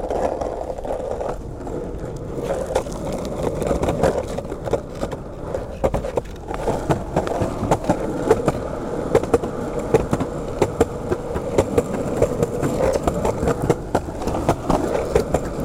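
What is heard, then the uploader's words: Skateboard wheels roll steadily over pavement with a low rumble and frequent sharp clacks from cracks, under a faint urban background. We skate along the city's streets, sidewalks, and a bike path that runs alongside train tracks and crosses a river. Skating Under a Bridge.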